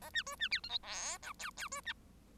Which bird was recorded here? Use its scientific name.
Lonchura striata domestica